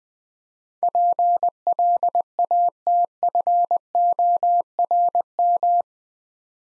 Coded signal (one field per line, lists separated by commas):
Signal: Morse code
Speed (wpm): 21 wpm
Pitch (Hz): 700 Hz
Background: none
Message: PLATFORM